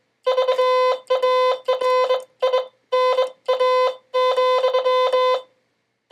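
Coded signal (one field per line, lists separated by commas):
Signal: Morse code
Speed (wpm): 22 wpm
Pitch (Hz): 510 Hz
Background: none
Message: VARINA,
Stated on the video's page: CW sending practice by a learner nine months into learning Morse, using a phone app.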